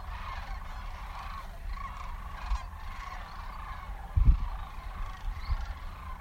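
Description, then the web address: Sandhill Crane flock chorus of overlapping calls, steady throughout, with low rumbling noise and a couple of brief thumps in the latter part. Migrating cranes resting each March in central Nebraska, roosting and feeding along the shallow, braided Platte River and in nearby cornfields. "Sandhill Cranes Spread Their Wings, Rest a Spell in US Midwest"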